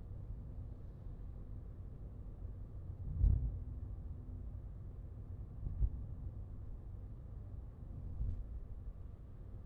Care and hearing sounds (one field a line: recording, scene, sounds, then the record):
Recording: everyday scene through a hearing-aid microphone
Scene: in a vehicle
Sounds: engine, traffic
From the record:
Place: Skoda Fabia, gasoline engine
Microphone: in the ear canal, left